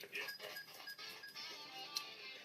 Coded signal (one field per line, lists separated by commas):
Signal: none